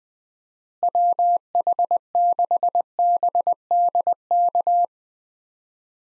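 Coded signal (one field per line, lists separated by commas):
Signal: Morse code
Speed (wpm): 20 wpm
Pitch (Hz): 700 Hz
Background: none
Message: WH6BDK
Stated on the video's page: Head-copy drill of US six-character call signs at 20 wpm, each sent twice before being spoken, then sent again.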